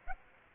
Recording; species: mosquito wingbeat signal from an infrared sensor; Aedes aegypti